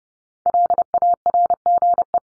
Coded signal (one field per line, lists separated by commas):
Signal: Morse code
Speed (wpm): 30 wpm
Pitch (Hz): 700 Hz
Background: none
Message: LARGE